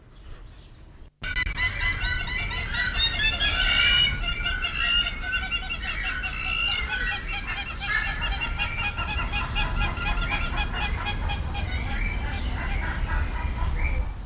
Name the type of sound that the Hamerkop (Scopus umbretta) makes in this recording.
call